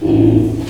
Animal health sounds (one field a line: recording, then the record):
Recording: squeal of a Yucatan mini pig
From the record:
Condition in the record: before surgery on the right vocal fold (resection and tissue-engineered implant)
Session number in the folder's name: 2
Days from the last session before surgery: -15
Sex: female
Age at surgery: 19 weeks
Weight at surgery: 25 kg